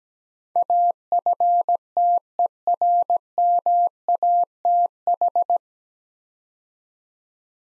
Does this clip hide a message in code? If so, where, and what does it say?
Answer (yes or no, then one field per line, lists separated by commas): yes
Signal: Morse code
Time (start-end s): 0.6-5.6 s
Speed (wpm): 17 wpm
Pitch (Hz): 700 Hz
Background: none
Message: AFTERMATH